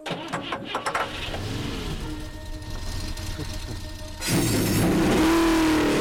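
Race car engines in the animated Cars short crank and catch with a few sputtering bursts at the start of a one-lap race, settle into a low steady rumble, then roar louder into a sustained, rising rev that fills out the end.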